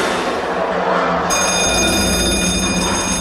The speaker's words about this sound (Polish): Na tych niższych poziomach zwykły dzień Ronalfa Kanena rozpoczyna się od ostrego dźwięku dzwonka.